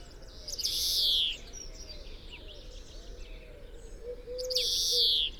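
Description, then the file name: European greenfinch gives two rasping, descending wheezy calls, one near the start and one near the end, with a low hum beneath. "Chloris chloris"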